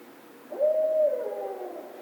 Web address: Barred Owl 2010 03 16 Barred Owl 01